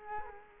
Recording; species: mosquito wingbeat signal from an infrared sensor; Culex quinquefasciatus